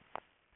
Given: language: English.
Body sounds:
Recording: throat vibration sensor signal played as sound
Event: swallow

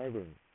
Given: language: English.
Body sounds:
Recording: throat vibration sensor signal played as sound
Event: speech

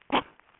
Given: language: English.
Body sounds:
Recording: throat vibration sensor signal played as sound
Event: cough

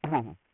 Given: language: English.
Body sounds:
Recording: throat vibration sensor signal played as sound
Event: throat clearing

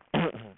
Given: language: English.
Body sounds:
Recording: throat vibration sensor signal played as sound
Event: throat clearing

